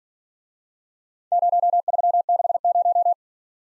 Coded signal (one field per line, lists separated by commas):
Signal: Morse code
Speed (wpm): 46 wpm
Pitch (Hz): 700 Hz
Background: none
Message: 0360